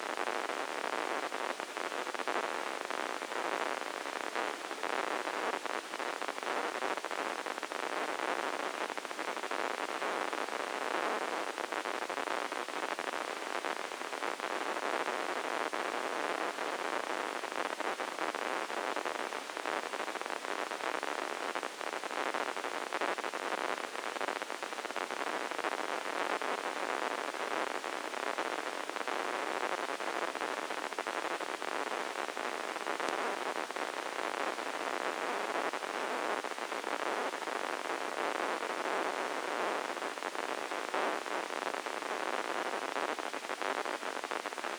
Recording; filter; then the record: brain microelectrode recording played as sound; spike band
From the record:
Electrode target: subthalamic nucleus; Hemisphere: left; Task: reaching with the right hand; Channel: 1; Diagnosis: Parkinson's disease